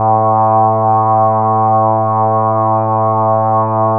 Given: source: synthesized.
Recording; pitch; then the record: sustained vowel; 110 Hz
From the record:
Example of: Parkinson's disease